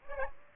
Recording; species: mosquito wingbeat signal from an infrared sensor; Aedes aegypti